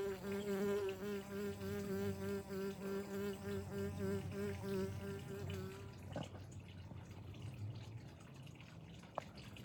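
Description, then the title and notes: Bee flight buzz, a steady low hum whose pitch wavers up and down, stopping abruptly after about six seconds into quiet background. Buzz of a bee out of frame flying back and forth at the recordist, at an insect hotel. "The buzzing sound is coming from another bee out of frame that was flying back and forth at me."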